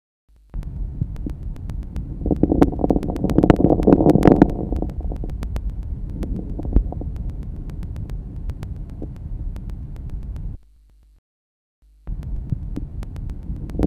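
Adult lung sounds heard by stethoscope with numerous fine crackles at the end of inspiration (late inspiratory crackles), increasing in number and intensity toward the end of inspiration. Best heard with slow, large-tidal-volume breathing; seen in alveolar diseases.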